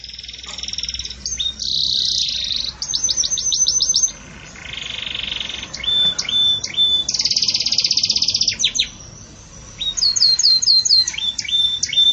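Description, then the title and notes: Belgian canary song: loud, bright rolling trills and rapid repeated whistled notes in bursts, broken by short pauses, over a low steady hum. Pure "campainha" style song with pauses, for training. "Canto Canário Belga Campainha Puro Com Pausa Para Treinamento. CANARIO BELGA"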